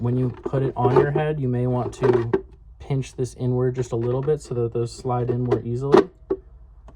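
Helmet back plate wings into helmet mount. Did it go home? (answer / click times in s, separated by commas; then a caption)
yes / 6.3 s. Someone talks while the wings of a 3D-printed plastic back plate on an SPD Blue Ranger cosplay helmet are pinched inward and slid into the helmet mount. A sharp tick is heard at 6.3 s as the back plate snaps into the mount, locking into place and holding strong.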